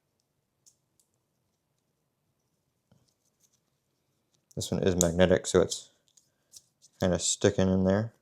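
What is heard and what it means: A magnetic watch band is handled at the band slot of an Apple Watch Ultra 3 case, with a few faint ticks early on and then someone talking. Nothing has seated or clicked into place yet.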